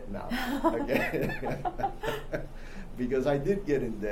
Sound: laughter